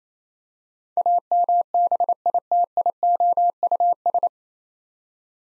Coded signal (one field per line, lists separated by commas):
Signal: Morse code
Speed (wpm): 28 wpm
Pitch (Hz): 700 Hz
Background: none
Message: AMBITIOUS